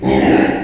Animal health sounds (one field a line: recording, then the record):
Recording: squeal of a Yucatan mini pig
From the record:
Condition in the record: before surgery on the right vocal fold (resection and tissue-engineered implant)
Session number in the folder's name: 2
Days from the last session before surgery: -15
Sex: female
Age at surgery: 19 weeks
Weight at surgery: 25 kg